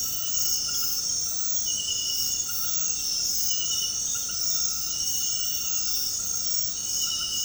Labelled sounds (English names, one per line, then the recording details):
none
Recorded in secondary vegetation near Puerto Asís, Putumayo, Colombia, on 20 February 2024 at 00:30
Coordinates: 0.468, -76.324
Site G6381